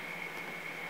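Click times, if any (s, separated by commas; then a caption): none. The audio plug of Beats By Dre Solo HD headphones is pushed into a phone's headphone jack through a thick Otterbox Reflex series protective case. Only a steady, even hiss with a faint high whine is heard, with no sharp sounds. The plug goes in but nothing clicks or seats, because the case leaves too little space.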